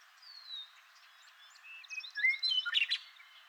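Western meadowlark song, opening with a long descending whistle, then several sliding whistled notes building into a loud gurgling, jumbled flourish at the end.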